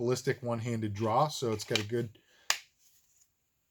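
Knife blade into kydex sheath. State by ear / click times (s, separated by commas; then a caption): seated / 2.5 s. Someone talks for about the first two seconds, then a knife blade is pushed into a molded kydex sheath and snaps into its retention with a single sharp click at 2.5 s. It seats firmly, with no rattle or play.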